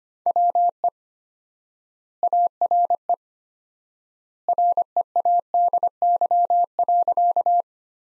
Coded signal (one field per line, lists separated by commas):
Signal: Morse code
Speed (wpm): 25 wpm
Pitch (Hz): 700 Hz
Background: none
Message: WE ARE READY.